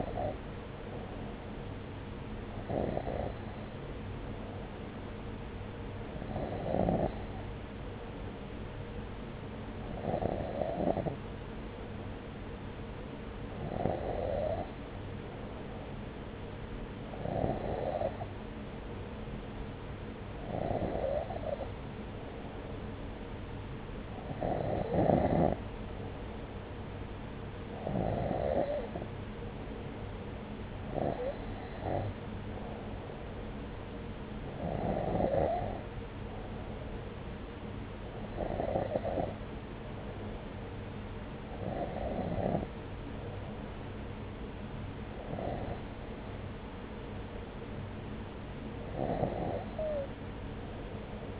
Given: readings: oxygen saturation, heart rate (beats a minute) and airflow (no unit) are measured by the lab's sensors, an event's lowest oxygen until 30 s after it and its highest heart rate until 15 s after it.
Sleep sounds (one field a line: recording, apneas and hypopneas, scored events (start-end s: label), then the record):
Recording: breathing in sleep by a voice recorder at the bedside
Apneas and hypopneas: none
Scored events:
4.00-51.40 s: new sleep stage, N2 (light sleep)
From the record:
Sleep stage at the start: N3 (deep sleep)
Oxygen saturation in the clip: 93 to 94%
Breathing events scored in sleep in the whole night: 303 in 8.1 hours asleep